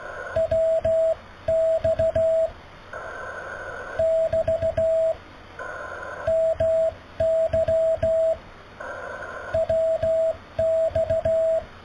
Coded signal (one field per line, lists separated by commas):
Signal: Morse code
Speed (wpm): 15 wpm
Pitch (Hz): 650 Hz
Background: radio noise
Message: WX <BT> MY WX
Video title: Morse Code QSO with Jan ZS5HJ